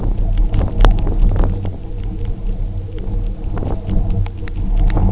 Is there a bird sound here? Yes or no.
no